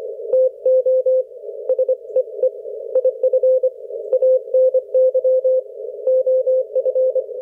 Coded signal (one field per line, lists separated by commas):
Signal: Morse code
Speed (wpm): 25 wpm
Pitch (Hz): 530 Hz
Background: none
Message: TO SEE IF ANY OF